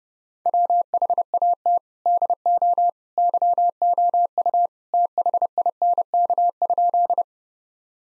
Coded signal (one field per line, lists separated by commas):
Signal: Morse code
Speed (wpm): 32 wpm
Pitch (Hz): 700 Hz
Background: none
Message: WHAT DO YOU THINK?